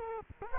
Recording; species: mosquito wingbeat signal from an infrared sensor; Culex quinquefasciatus